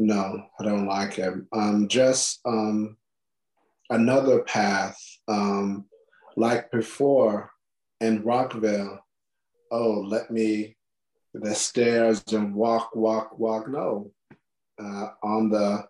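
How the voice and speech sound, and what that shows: Halting speech from an adult woman with aphasia after a stroke: long pauses, 'um' fillers, repeated words and fragmented phrases.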